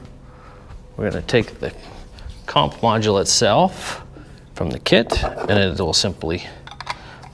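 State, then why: Seated. Someone talks as the plastic connector of the wiring harness is plugged onto a comp module from a kit for a VP44 Cummins. Short clicks come near the end, and the connector snaps into the module, seated, at 6.8 s.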